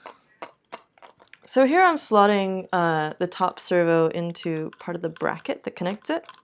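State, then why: Not seated. The top servo of a robotic owl is being slotted into its plastic mounting bracket, a fix needed because collisions left the servos straining against their physical limits. A few faint handling taps and ticks come in the first 1.3 seconds, then someone talks for the rest of the clip. The servo has not seated or clicked into the bracket yet.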